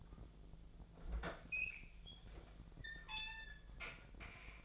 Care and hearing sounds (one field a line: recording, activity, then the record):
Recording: daily activity, microphone in the room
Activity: open fridge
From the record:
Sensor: 5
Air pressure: 1009.8 hPa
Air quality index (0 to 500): 163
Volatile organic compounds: 4 ppm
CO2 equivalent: 1588 ppm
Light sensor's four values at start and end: 111/286/119/126 and 113/291/121/129